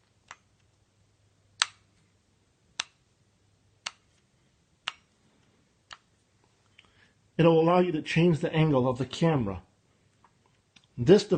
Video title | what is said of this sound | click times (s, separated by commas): Important scope solutions for better broadcasting | does click into place if you hear it listen | 0.3 s, 1.6 s, 2.8 s, 3.9 s, 4.9 s, 5.9 s